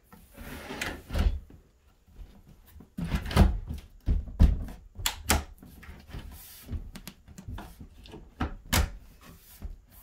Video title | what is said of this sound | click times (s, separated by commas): Installing Drawers Spacing and Mounting | You can hear it click into place. | 5.1 s, 5.3 s